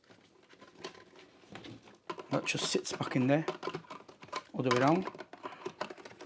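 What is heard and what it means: A removable tank is being handled and pushed back into the plastic body of a Proscenic WashVac F20 cordless wet-dry vacuum cleaner while someone talks. Soft plastic-on-plastic taps and knocks are heard throughout. The clip ends before the tank goes home, and nothing has seated or clicked yet.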